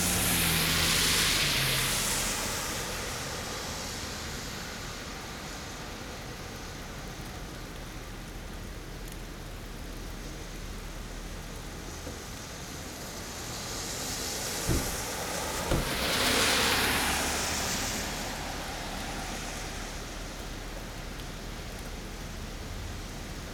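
Cars pass on a rainy day, with a steady hiss of wet road underneath. One car swishes by at the start, and another passes around 15 to 18 seconds, its tyre spray swelling and fading. Two brief sharp clicks sound near 15 seconds.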